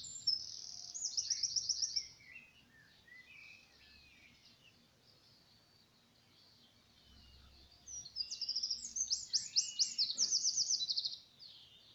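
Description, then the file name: Eurasian wren giving two energetic bursts of high, rapid trilling song, one at the start and another about eight seconds later, with quieter twittering in between. "Troglodytes troglodytes"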